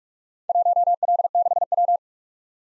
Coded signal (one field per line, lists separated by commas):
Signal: Morse code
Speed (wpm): 44 wpm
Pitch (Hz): 700 Hz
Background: none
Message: 1L6W